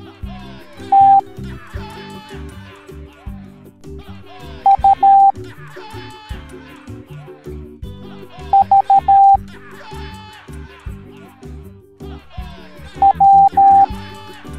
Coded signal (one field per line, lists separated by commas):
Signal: Morse code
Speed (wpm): 13 wpm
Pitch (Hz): 790 Hz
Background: music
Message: T U V W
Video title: Pirate Teaching the Morse Code Alphabet Educational Video for Kids